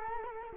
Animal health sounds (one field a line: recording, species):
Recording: mosquito wingbeat signal from an infrared sensor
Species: Culex quinquefasciatus